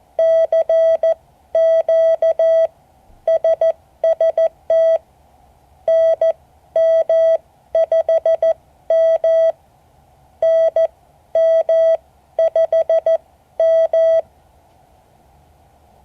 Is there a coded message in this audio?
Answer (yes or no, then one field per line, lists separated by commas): yes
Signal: Morse code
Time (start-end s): 0.2-14.2 s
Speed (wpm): 14 wpm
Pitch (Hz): 650 Hz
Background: none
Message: CQ SST NM5M NM5M